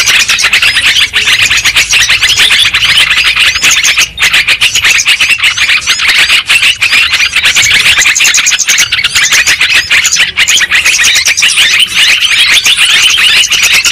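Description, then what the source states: Lovebirds giving a busy chorus of piercing chirps and twittering squeaks, steady and unbroken, with a few brief dips in loudness. Bird-trapping lure recording of lovebirds, in Indonesian 'pikat burung'.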